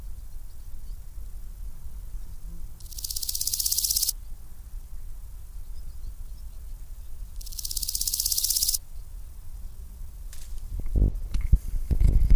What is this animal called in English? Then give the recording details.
Large Gold Grasshopper. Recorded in the wild. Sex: male. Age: imago. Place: Lübars (Fließtal), Berlin, DE. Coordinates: 52.6167, 13.35. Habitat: Feuchtbiotop. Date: 1998-08-10 12:53. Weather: sonnig, 24°C. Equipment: Sony MD-WM MZ-R3, Sennheiser ME 80, Kopie Uher 4000 Report Monitor. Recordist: Tembrock, Günter. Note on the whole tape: Männchen: Strophen, hat nur einen Hinterschenkel